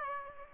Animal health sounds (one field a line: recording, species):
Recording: mosquito wingbeat signal from an infrared sensor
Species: Aedes aegypti